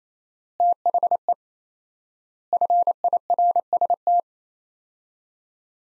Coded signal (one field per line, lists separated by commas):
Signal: Morse code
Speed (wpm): 27 wpm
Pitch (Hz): 700 Hz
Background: none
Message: THE FIRST